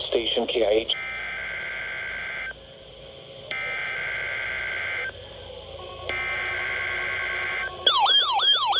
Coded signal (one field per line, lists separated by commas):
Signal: Emergency Alert System (SAME) tones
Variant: header bursts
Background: speech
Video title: Required Weekly Test | EAS #634 - #635